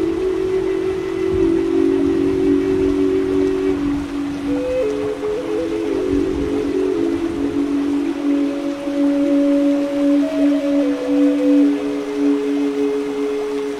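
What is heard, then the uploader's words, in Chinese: Native American flute plays long, slow sustained notes that step gently between pitches over a steady low bed of rain-like hiss throughout. 美国原住民长笛放松音乐+雨声和大自然的声音。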